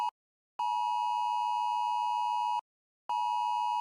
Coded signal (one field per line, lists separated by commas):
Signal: Emergency Alert System (SAME) tones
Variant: 853 and 960 Hz attention tone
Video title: 2023 Nationwide EAS Test